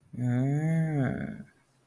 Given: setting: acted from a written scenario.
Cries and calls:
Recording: vocal sound without words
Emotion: realization

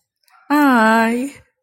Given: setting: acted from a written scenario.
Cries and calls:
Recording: vocal sound without words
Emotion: adoration

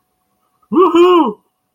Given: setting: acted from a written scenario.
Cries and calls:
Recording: vocal sound without words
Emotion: positive surprise

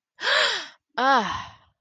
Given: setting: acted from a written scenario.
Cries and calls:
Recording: vocal sound without words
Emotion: negative surprise

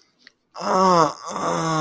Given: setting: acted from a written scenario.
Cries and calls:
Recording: vocal sound without words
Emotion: pain

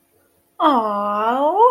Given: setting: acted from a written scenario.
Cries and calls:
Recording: vocal sound without words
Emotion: adoration

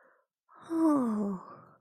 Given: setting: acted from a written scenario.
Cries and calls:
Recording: vocal sound without words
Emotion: elation

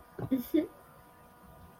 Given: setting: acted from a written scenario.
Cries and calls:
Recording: vocal sound without words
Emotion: contentment

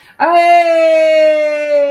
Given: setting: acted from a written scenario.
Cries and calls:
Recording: vocal sound without words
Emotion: triumph

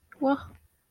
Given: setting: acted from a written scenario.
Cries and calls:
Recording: vocal sound without words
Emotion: confusion

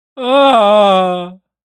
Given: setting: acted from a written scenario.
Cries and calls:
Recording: vocal sound without words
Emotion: distress

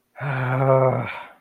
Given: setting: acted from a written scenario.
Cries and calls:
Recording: vocal sound without words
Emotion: anger

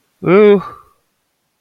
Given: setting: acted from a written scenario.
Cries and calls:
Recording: vocal sound without words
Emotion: distress

